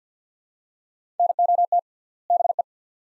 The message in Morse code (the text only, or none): NOT BE